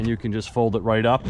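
Someone talks while the easy-to-maneuver folding tonneau cover on a 2022 Chevrolet Silverado ZR2 pickup is folded up after its side latches are released, toward the couple of retaining clips at the top at the front of the bed that hold it upright. The clip ends before the cover seats, so nothing has clicked into place yet.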